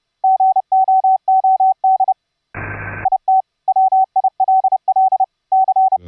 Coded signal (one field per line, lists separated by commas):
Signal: Morse code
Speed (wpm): 30 wpm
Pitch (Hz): 760 Hz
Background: none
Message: GOOD IT WILL C